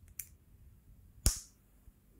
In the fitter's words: rastet richtig ein und wenn sie das meinen gerastet ist bekommt man es kaum wieder los da